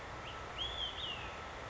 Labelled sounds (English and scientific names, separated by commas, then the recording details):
Olive-sided Flycatcher (Contopus cooperi)
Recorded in Sonoma County, California